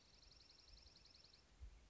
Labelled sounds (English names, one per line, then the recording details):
Dark-eyed Junco
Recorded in Sonoma County, California